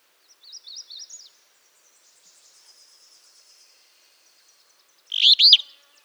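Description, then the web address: Northern Beardless-Tyrannulet song: a few soft high wavering notes early, a long pause with faint sounds, then a strong stuttered phrase of two sharp notes. "cantos mosquetaboreal"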